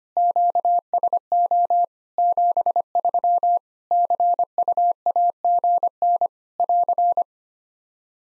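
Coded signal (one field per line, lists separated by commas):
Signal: Morse code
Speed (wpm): 25 wpm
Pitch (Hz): 700 Hz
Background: none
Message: QSO 73 CUAGN <AR>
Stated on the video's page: Practice QSO ending segment at 25 wpm for head-copy training, sent in Morse, spoken, then sent again.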